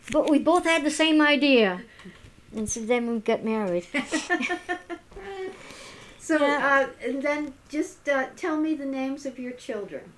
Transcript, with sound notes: We both had the same idea. And so then we got married. ( they laugh )
And then just tell me the names of your children.